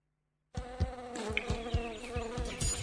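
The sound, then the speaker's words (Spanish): After a brief silence, a mosquito's steady, droning buzz starts up and holds, layered with overtones, while low, regular thumps pulse underneath. “Está bien eliminar los mosquitos, pero eso no alcanza para frenar al dengue.”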